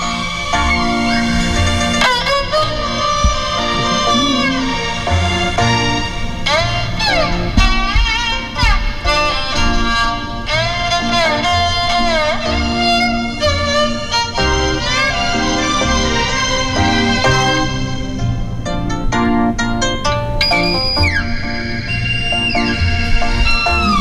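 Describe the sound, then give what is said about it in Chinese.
A bowed leiqin fiddle mimics a rooster's crow with bright, swooping high glides, repeated again and again over steady, full instrumental accompaniment, loud and continuous throughout. “这是打鸣的声， 对，天哪。”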